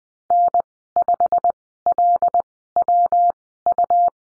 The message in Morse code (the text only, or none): N5LWU